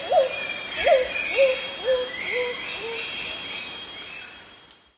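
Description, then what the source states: Striated antthrush song: a short series of clear, downslurred whistles that gradually lower in pitch and fade, with insects buzzing and other birds faintly behind. Recorded in South America.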